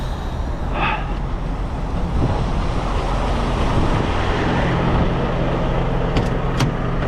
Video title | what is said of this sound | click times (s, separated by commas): Truck ko lang ang natira sa parkingan ng mga Owner Operator - Busy ang Biyahe #lakaytrucker | Yun, kumagat na. | 6.2 s, 6.6 s